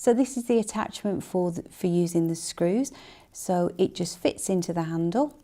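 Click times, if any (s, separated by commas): none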